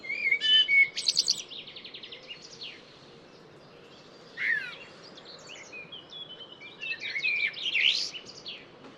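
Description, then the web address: Bird song of quick twittering and trilled notes, loudest at the start, then more scattered notes over steady background noise. "cianscape birddata Deverinetal 2025 Bird Only Tu Me Tu Me"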